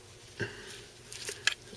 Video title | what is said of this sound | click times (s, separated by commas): Get a Grip - Tapco Vs. Magpul AR-15 Style | and it seemed it has a positive locking detent when you when you click it in it really | 1.5 s